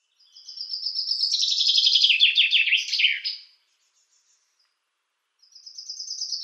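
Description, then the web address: Common chaffinch song, a trill sliding downward to a final flourish, then a pause before another song starts. "Schulze Peter Chaffinch song"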